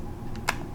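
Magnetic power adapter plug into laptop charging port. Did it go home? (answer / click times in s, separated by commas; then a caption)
yes / 0.5 s. The magnetic MagSafe power adapter plug is brought to the charging port of a 2011 Apple MacBook Air 13-inch, and the magnet snaps it into place. A faint tick comes at 0.4 s, then one sharp click at 0.5 s as the connector seats.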